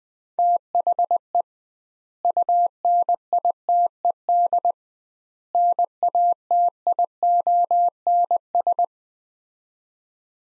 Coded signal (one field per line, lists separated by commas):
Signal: Morse code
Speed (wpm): 20 wpm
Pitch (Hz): 700 Hz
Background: none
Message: THE UNITED NATIONS